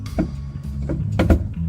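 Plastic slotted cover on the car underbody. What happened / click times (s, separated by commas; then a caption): The blade slips in a worn slot of a plastic cover / 1.2 s. A flathead screwdriver is turned in the worn slot of a small plastic slotted cover or plug on the car underbody, near the jack under the car. The blade slips in the stripped slot with scraping clicks, the strongest at 1.2 s. The cover is stripped and does not turn.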